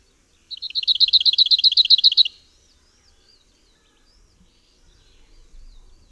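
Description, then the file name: Lesser whitethroat singing a fast, even rattle of repeated dry notes for under two seconds, followed by faint bird calls and low background rumble. "Piegza"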